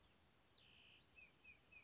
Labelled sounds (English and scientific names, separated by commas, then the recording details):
Cassin's Vireo (Vireo cassinii)
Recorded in Sonoma County, California